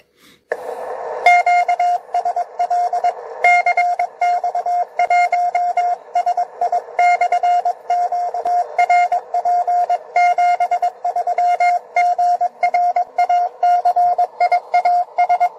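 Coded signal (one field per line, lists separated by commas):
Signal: Morse code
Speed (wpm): 21 wpm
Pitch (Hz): 710 Hz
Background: radio noise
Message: QSL CX1SI/M TRP 73 GRACIAS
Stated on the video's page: QRP Party contest participation.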